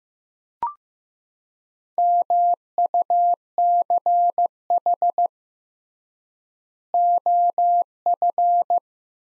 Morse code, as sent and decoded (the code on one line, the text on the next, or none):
-- ..- -.-. .... / --- ..-.
MUCH OF